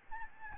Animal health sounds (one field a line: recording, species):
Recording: mosquito wingbeat signal from an infrared sensor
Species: Aedes albopictus